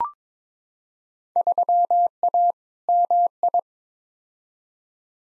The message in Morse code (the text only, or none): 3A MI